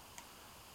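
A Myth Labs Eclipse headphone ear-cup mount is rotated and screwed into the headband until it snaps into place at a red alignment dot. A single short, sharp tick is heard at 0.2 s against a quiet background, and the mount is seated.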